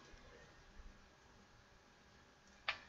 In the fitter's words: there it goes there goes my just heard it pop and